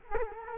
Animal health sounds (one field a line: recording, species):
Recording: mosquito wingbeat signal from an infrared sensor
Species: Culex quinquefasciatus